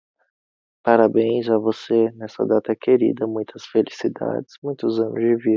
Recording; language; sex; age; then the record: short text; Brazilian Portuguese; male; 20 to 29 years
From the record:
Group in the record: control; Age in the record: 22 years